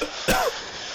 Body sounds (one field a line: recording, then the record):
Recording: coughing mixed with background sound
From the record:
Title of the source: Coughing 51